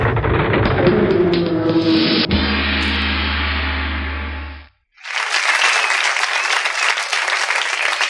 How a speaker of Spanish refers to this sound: Ahora aplauden, pero porque no saben que lo que sigue, cual la luz lo está indicando, es una canción de terror.